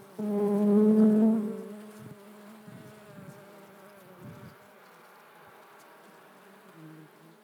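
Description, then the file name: Honey bee buzz: a loud, steady low hum for about a second and a half, then fainter wavering buzzing with a few soft knocks. "vcela"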